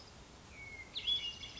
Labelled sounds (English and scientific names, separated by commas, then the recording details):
Hermit Thrush (Catharus guttatus)
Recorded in Sonoma County, California